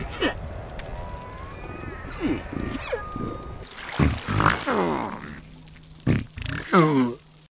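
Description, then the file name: Humpback whale song of varied moans, grunts and swooping upsweeps and downsweeps, with steady tonal hums and a low rumbling background. "deutschlandfunknova buckelwal"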